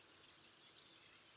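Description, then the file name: Henslow's sparrow song: a single short, high, hiccupping chirp of a few quick notes lasting about a third of a second, otherwise quiet. "Ammodramus henslowii - Henslow's Sparrow"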